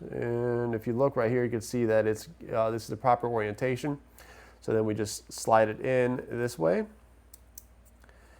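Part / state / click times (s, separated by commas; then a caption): small mic adapter piece sliding into its slot on the camera mic setup / seated / 7.6 s. Someone talks while a small plastic adapter piece from a wireless mic kit, turned to the proper orientation, is slid into its slot under a slide cover on the camera mic setup. After the talking stops, faint sharp ticks sound, with a small click at 7.6 s as the piece seats in the slot.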